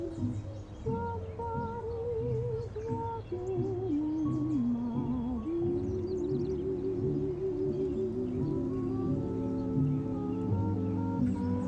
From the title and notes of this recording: Summer oldies playing in another room. You have your window open the birds are singing the cars passing.